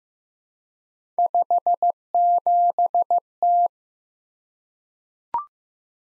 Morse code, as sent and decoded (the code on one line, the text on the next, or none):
..... --... -
57T